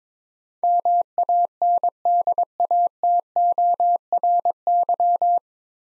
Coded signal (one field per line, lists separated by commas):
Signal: Morse code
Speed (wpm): 22 wpm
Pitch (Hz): 700 Hz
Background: none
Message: MANDATORY